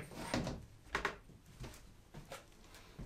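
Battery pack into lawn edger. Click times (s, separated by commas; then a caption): 0.9 s. A 4.0 amp-hour EGO lithium battery pack, borrowed from a weed trimmer kit, is pushed into the battery slot of an EGO lawn edger. A short scraping knock at 0.3 s is followed by a sharp double click at 0.9 s and 1.1 s, then faint rustling. The pack snaps and seats at 0.9 s.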